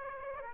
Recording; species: mosquito wingbeat signal from an infrared sensor; Aedes aegypti